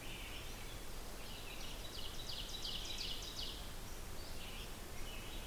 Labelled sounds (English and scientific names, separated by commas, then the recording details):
Ovenbird (Seiurus aurocapilla) song
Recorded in boreal forest in Alberta, Canada, on 16 June 2016 at 08:10
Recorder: SongMeter 3, array SBT-3-32
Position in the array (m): 111 m, 154 m
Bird 37